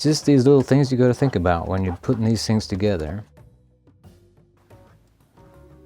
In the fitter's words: Much smoother. It didn't snap together pleasingly that time, but uh we are back together now.